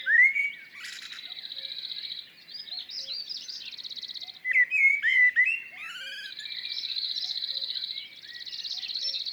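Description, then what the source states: Common Blackbird fluted song phrases among several buzzy, rattling trills from another bird. Recorded at dawn, 6:10, on 1 June 2019 in a blackthorn and hawthorn hedge on the Plateau de Lesches-en-Diois, with a Mixpr3 and MKH40 in stereo; two vibrato-singing Cirl Buntings in the background.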